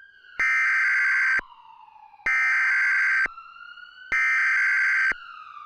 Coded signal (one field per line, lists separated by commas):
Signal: Emergency Alert System (SAME) tones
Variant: header bursts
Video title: (EAS Scenario) The San Diego Spectacular